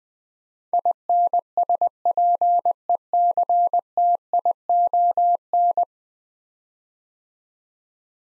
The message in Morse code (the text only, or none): INSPECTION